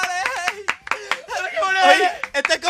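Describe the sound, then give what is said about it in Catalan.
Applause of sharp, irregular hand claps running throughout, mixed with loud, enthusiastic cheering and shouting voices on top, welcoming a guest about to be interviewed. “Un fort aplaudiment, si us plau.”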